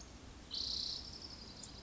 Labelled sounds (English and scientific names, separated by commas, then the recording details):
Spotted Towhee (Pipilo maculatus)
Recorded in Sonoma County, California